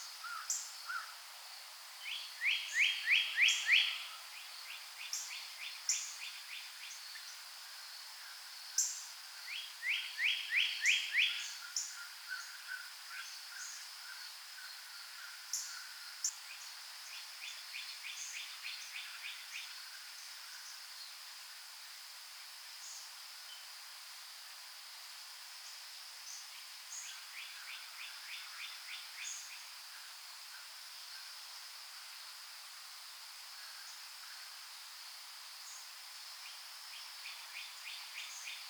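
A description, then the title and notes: A dawn chorus recorded in Wolfville, Nova Scotia, with a steady high insect-like hum running through the whole clip. Bursts of quick, buzzy trills repeat every few seconds, loudest early on, with sharp high chirps scattered throughout and fewer calls after twenty seconds. A field recording of the dawn chorus in Wolfville, Nova Scotia, Canada.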